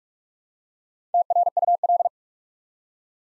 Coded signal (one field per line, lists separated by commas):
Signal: Morse code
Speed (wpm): 44 wpm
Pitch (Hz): 700 Hz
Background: none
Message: TRUL